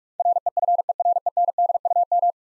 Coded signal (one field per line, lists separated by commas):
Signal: Morse code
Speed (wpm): 46 wpm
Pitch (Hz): 700 Hz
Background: none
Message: REFERENDUM